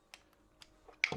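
A guide bar and chain assembly is lined up and pressed onto the body of a cordless 6-inch 21V handheld battery-powered mini chainsaw. Faint ticks at 0.1 s and 0.6 s come before a sharp, loud click at 1.0 s. The part seats and stays in place.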